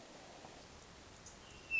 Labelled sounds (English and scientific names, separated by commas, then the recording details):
Hermit Thrush (Catharus guttatus)
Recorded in Sonoma County, California